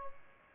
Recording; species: mosquito wingbeat signal from an infrared sensor; Aedes aegypti